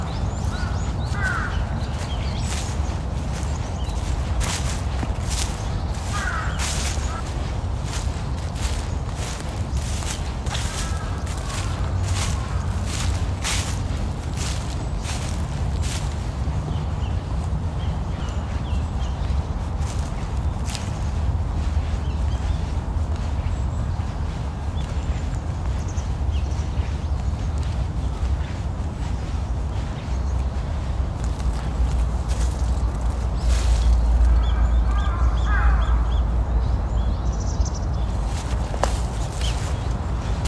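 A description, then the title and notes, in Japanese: A morning walk in a park, with a steady low rush of flowing water underneath throughout. Short bird chirps break in now and then, notably near the start and around 33–35 seconds, while crisp rustling steps, like feet on fallen leaves, crackle intermittently. 公園の朝散歩で聴こえてくる自然音。朝、公園で聴こえてくる小川のせせらぎや滝のオト、小鳥のさえずりや落ち葉ふみなど。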